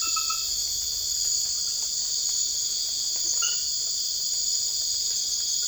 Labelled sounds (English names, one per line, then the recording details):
none
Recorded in secondary vegetation near Puerto Asís, Putumayo, Colombia, on 8 March 2025 at 00:30
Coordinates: 0.488, -76.319
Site G095